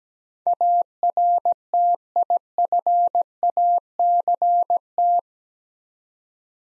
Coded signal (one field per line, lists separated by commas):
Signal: Morse code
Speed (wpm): 17 wpm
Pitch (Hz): 700 Hz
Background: none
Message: ARTIFACT